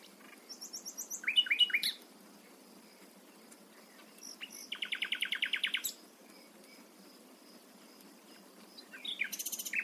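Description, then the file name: Common nightingale singing: loud bursts of rapid, repeated high notes, with a short phrase near the start, another around the middle and a third at the very end, separated by pauses. "Luscinia megarhynchos"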